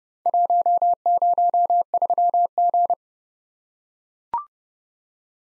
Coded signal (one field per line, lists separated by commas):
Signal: Morse code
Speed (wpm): 29 wpm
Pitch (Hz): 700 Hz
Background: none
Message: 103G